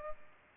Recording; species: mosquito wingbeat signal from an infrared sensor; Culex pipiens